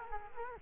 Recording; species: mosquito wingbeat signal from an infrared sensor; Culex quinquefasciatus